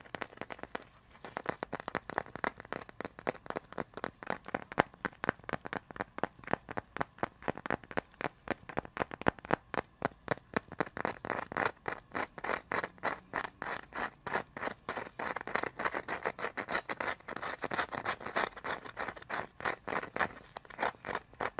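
Icy, frozen triggers crackle and crunch in a dense run of sharp, bright clicks that barely pause for the full 22 seconds. The crackling starts after a brief quiet moment, grows busier around the middle, and stays crisp and crinkly, like ice being crushed or handled.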